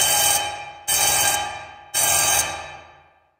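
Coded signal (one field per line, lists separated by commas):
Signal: coded fire alarm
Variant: General Signal 10" bell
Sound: three loud ringing bell strokes, each fading before the next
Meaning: Code 3 identifies the alarm box or zone numbered 3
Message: 3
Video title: General Signal 10" Fire Alarm Bell Code 3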